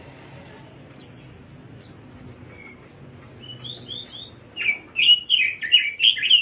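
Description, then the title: Songbird song: soft, scattered high notes at first, building into a loud, rapid series of rich chirps at the end. Bird song tutoring material. "Burung Masteran"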